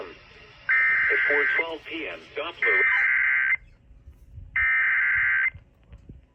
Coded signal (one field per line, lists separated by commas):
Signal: Emergency Alert System (SAME) tones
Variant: header bursts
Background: speech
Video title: KDBB (104.3) & KTJJ (98.5) Flash Flood Warning relay from WWG49. 6/4/25 EAS #430-431